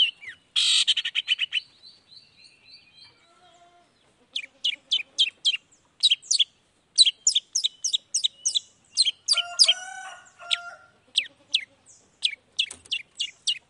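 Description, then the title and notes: Long-tailed shrike in varied song: a harsh burst, then long runs of quick sharp notes with occasional buzzy nasal phrases. Singing actively in the morning, with a varied repertoire including 'toet toet' notes; played to provoke other long-tailed shrikes into responding. "Cendet Gacor Dor Di Kala Pagi Toet Toet Variasi Suara. Cendet Gacor Langsung Nyaut Emosi Hanya dengan Sekali Putar Bikin Cendet Lainya Cepat Respon Bunyi. Burung cendet"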